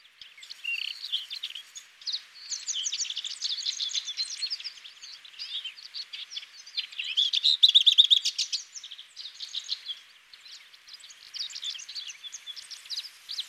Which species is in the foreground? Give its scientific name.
Sylvia curruca